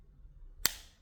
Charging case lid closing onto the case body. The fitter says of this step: You hear only a slight snap.